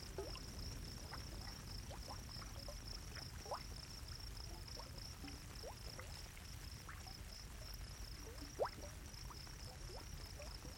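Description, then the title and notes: Unbroken high-pitched cricket chirping, finely pulsed, with gentle gurgling bubbles and one sharp pop near the end. Crickets around a bubbling geothermal pool in a sagebrush desert in the evening; still and peaceful. "Gently bubbling hot pool with thunder. A bubbling geothermal pool in the middle of a sagebrush desert surrounded by crickets. the crickets are a classic evening sound. Recorded by Tim Kahn. Part of the Music for Sleep project"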